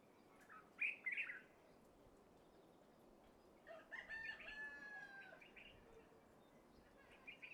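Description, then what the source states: Rooster crowing: one drawn-out, harmonic-rich crow midway, with short chirping bird calls before and after. Country ambience with birds and roosters.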